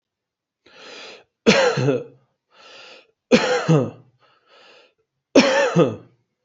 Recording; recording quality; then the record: heavy voluntary cough; excellent, no background noise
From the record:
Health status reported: healthy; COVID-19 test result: not tested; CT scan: not taken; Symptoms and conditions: none ticked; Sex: male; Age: 37 years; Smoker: no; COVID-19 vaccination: both doses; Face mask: not worn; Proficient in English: yes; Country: India